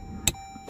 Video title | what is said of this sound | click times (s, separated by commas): Main apni car kisi ko dena nahin chahta - toyota revo car starting problem ! | इसको मैं अंदर की तरफ पुश करता हूं तो यह टक | 0.3 s